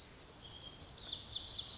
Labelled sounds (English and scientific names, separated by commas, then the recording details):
Lazuli Bunting (Passerina amoena)
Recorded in Sonoma County, California